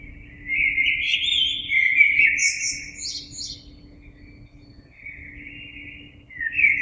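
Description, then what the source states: Common blackbird song with rich, low fluting phrases, a burst of high squeaky notes in the middle, then a quieter warble and a fresh phrase starting. Recorded on 26 April 2022.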